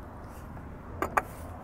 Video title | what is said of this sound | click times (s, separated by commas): DIY E53 BMW X5 Crankcase Vent Valve Kit Replacement (CCV, PCV) M54 | this hose right here until it clicks so the top portion is done | 1.2 s